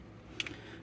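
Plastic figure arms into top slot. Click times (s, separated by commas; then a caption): 0.4 s. The plastic arms of a Transformers Legacy Motormaster toy figure are pushed with some force into their slot on top and seat with a sharp click at 0.4 s, followed by a softer tick just after. A faint low hum runs underneath throughout, and the arms end up snapped into place.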